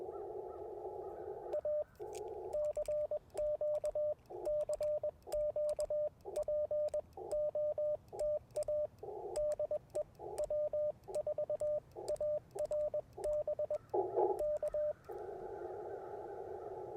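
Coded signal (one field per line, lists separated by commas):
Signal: Morse code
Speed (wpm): 21 wpm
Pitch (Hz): 600 Hz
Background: radio noise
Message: A CQ CQ POTA DE W4ARB K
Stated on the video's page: QRP CW POTA activation using Icom IC-705, AlexLoop magnetic loop antenna and Bamatech paddles.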